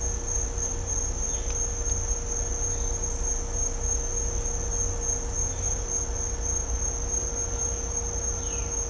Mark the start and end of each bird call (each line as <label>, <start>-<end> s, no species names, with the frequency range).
bird call (1.7-4.0 kHz), 8.32-8.62 s